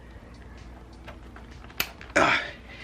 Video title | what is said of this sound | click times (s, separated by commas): Is QuickJack Worth to Have? First Test Lifting my Supra Mark IV | and then you plug until it clicks. You see this top part's gonna move in. | 1.8 s, 2.2 s